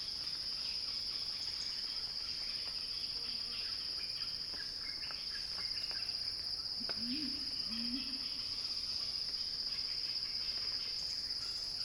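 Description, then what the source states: Cicadas buzz in a sustained high, even whine, slightly louder in the second half, with a brief low double note after the middle. Cicadas heard in a crescendo; recorded by Axel Drioli.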